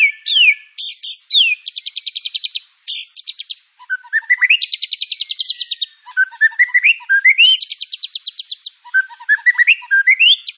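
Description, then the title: White-rumped shama singing rapid rattles and trills mixed with rising whistled slurs and quick chattering phrases. Lure (pancingan) song of white-rumped shama with full filler (isian) material; training material. "PANCINGAN MURAI BATU. MURAI BATU FULL MATERI ISIAN"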